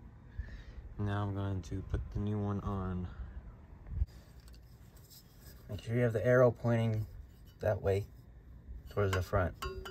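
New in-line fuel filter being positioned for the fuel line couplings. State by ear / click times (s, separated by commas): not seated / none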